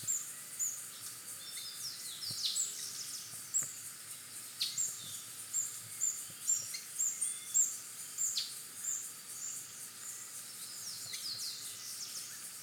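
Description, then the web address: Scalloped woodcreeper song: a busy run of high, thin notes and descending sweeps in irregular bursts over a steady background hiss. "cantos chincheroescamado"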